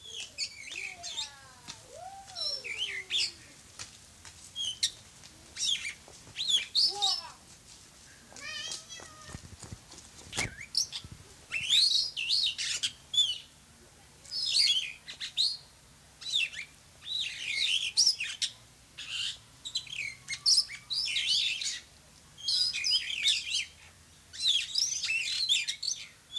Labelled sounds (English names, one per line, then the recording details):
Superb Starling song
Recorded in captivity
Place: Zoo Berlin, Berlin, DE
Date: 2003-09-05 13:23
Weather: fair, ca. 22°C
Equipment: Fair Mate ST-1328 (Asahi Electronics, Japan), Sennheiser ME 80, Kopie Uher 4000 Report Monitor
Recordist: Tembrock, Günter